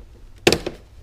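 On a 2012–2017 Honda GL1800 motorcycle, pressure is applied across a plastic fairing body panel, pulling it outward until its retaining clip pops up and releases. A faint tick is followed by a sharp, loud plastic pop at 0.5 s, a quick second snap right after, and a softer click about 0.2 s later, after which the panel clip is out.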